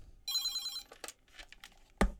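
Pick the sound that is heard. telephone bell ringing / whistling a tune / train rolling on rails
telephone bell ringing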